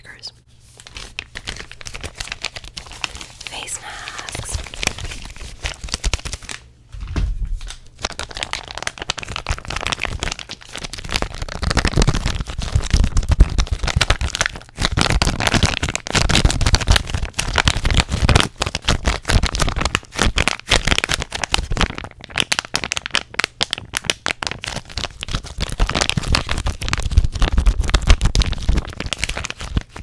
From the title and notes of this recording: ASMR very intense fast & aggressive triggers (lots of mic contact).